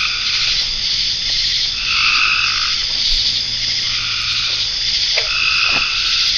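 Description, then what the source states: Frogs giving a few spaced buzzy trilled croaks over a loud, continuous insect hiss. Frogs in ponds near a pond in a forest wildlife management area, with crickets and cicadas.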